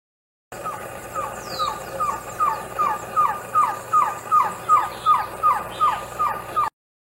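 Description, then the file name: Green-backed trogon singing an even run of mellow, slightly falling notes, roughly two and a half per second, with a few thin high bird chirps in the background. "canto do surucua de barriga amarela"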